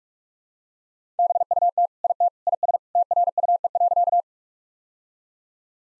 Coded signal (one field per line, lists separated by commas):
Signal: Morse code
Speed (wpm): 42 wpm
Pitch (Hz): 700 Hz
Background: none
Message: BUT IT IS TRUE.